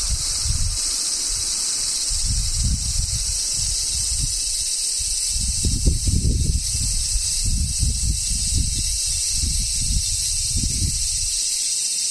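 Cicadas keep up a dense, steady shrill hiss high overhead, with thin whining tones layered through it and no break for the full twelve seconds. Underneath, low rumbling gusts swell and fade irregularly, strongest around the middle.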